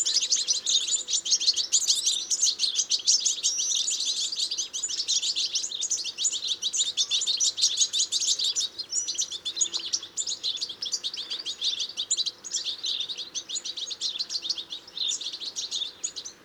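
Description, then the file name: European goldfinch calls: long stream of fast, bright twittering notes, loudest at first and easing slightly toward the end. "Carduelis carduelis"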